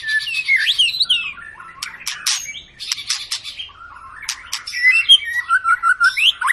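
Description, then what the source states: White-rumped shama singing fast whistled slurs mixed with sharp clicking notes, then ending in a run of short repeated notes. Long lure song (pancingan) of a gacor, actively singing white-rumped shama, played to make other birds sing.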